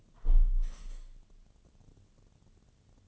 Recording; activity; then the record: daily activity, microphone in the room; close window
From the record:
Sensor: 4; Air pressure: 1015.8 hPa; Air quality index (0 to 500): 89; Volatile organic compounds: 2 ppm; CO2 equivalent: 987 ppm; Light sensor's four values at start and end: 9/20/8/7 and 9/20/8/7